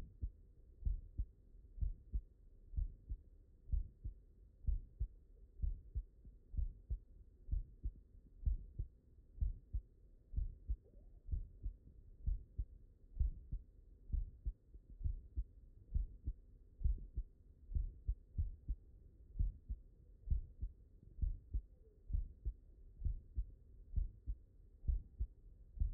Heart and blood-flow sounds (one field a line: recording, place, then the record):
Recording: heart sounds by stethoscope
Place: mitral valve (MV)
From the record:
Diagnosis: non-HFrEF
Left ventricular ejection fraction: 70%